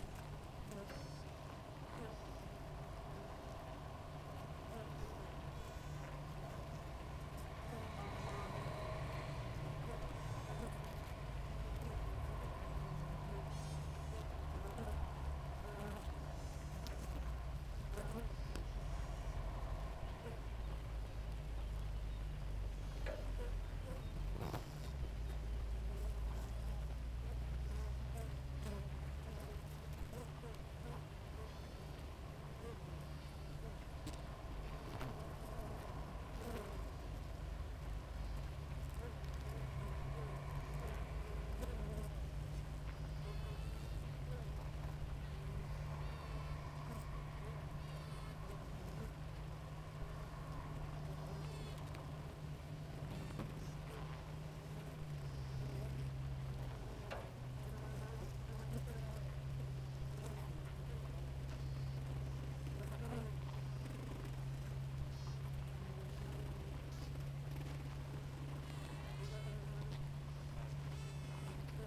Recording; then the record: honeybee colony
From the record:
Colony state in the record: active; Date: 28 July 2017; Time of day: 5:38